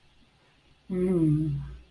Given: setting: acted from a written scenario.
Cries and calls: vocal sound without words; desire

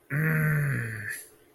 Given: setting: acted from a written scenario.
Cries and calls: vocal sound without words; anger

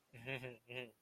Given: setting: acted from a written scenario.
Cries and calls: vocal sound without words; embarrassment

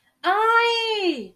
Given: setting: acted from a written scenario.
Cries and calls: vocal sound without words; pain

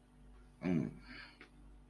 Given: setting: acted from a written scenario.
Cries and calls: vocal sound without words; contentment

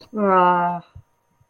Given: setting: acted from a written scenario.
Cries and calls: vocal sound without words; disappointment

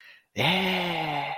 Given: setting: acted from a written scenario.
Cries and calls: vocal sound without words; triumph

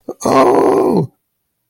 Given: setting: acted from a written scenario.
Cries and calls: vocal sound without words; distress

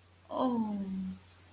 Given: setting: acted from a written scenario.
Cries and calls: vocal sound without words; sympathy

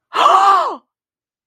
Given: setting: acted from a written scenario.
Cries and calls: vocal sound without words; positive surprise

